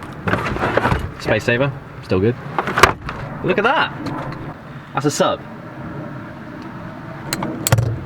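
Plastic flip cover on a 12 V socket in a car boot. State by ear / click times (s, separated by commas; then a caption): seated / 7.7 s. In the boot of an estate car, someone talks over handling noises, then the small plastic flip cover on a 12 V power socket snaps shut with a sharp click at 7.7 s. The cover is seated.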